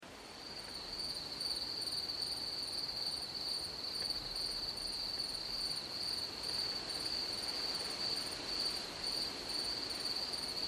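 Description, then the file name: Grasshopper song, a steady high unbroken trill with faint rapid pulsing, over constant hissing background noise. "zvuki kuznechika"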